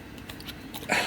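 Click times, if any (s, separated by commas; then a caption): 0.3 s. A plastic fitting on a Black and Decker Workmate 536 folding bench is pushed into its hole in the frame, flat side lined up, with a hard shove. Light knocks are heard, with a sharp click at 0.3 s as it seats, and a louder broadband rush near the end. The part clicks into place.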